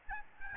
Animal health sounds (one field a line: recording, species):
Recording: mosquito wingbeat signal from an infrared sensor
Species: Aedes albopictus